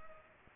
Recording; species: mosquito wingbeat signal from an infrared sensor; Culex pipiens